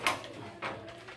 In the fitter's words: and they click in place really quick